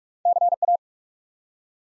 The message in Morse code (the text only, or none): CA